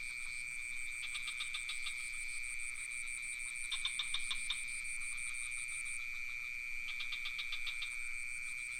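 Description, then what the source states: Crickets trill in steady, high tones. Bursts of rapid pulsed calls, likely frogs, break in three times. Crickets with some frogs, recorded near a pond in Ubud with a Sony PCM D50 recorder and Rode NT4 microphone.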